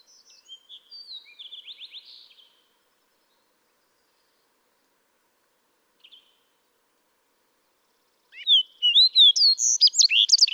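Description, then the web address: Fox Sparrow song: a faint phrase at the start, a long quiet gap, then a loud burst of rich whistled and sweeping notes near the end. "birdsongforthecurious songs Fox Sparrow"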